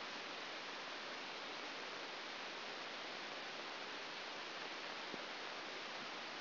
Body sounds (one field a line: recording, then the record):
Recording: brain microelectrode recording played as sound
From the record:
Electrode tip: outside the subthalamic nucleus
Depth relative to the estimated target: -6 mm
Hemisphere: right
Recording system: AlphaMap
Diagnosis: Parkinson's disease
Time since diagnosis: 12 years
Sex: male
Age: 57 years